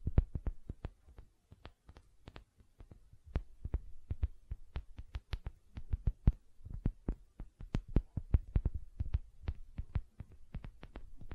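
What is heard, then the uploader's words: Gentle silicone sounds: soft, irregular taps and clicks with low thumps beneath, sparser early on, then quicker and denser through the rest. ASMR Gentle Silicon Sounds for Sleep (No Talking).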